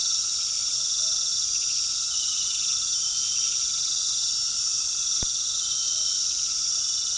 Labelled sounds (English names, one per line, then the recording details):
none
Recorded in pastures near Puerto Asís, Putumayo, Colombia, on 19 February 2024 at 20:00
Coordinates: 0.468, -76.328
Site G6414